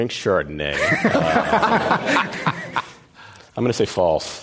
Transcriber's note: laughter